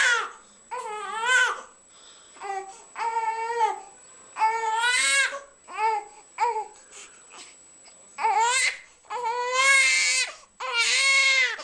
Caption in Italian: Un pianto caratteristico, tipico proprio del bambino dei primi mesi di vita. Inizialmente è di bassa intensità e diventa più forte, sempre più ritmico.